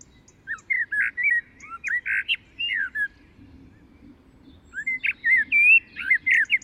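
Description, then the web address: Common blackbird with two bursts of song: quick sequences of clear, rounded whistles, slightly jerky and varied, separated by a short silence. "SETE Turdus merula"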